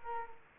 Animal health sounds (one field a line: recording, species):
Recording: mosquito wingbeat signal from an infrared sensor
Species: Culex quinquefasciatus